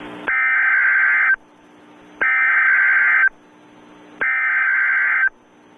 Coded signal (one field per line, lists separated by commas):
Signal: Emergency Alert System (SAME) tones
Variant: header bursts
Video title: EAS Scenario: Weather Disaster (Original)